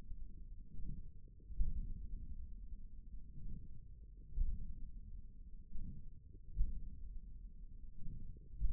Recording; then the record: forearm muscle sounds (acoustic myography)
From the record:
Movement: hand closing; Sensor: system 1, eight BSWA MPA416 microphones around the upper forearm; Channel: 1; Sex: male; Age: 41 years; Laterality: right